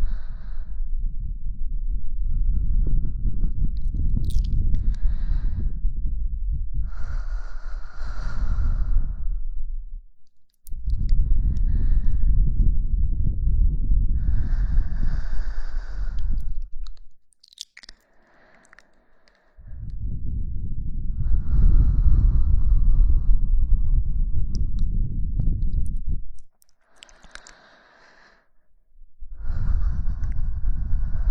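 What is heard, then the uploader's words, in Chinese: Soft blowing into the ear, close and breathy, comes in long puffs of about six to seven seconds each, separated by short near-silent pauses around 10, 17 and 27 seconds. Each breath is a low, airy rush with faint clicks and mouth sounds. 轻轻的吹耳朵。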